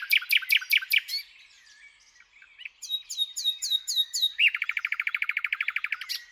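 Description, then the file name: Common nightingale song: a burst of loud repeated notes, softer twitters, a series of repeated slurred notes, then a rapid rattling trill. "Luscinia megarhynchos"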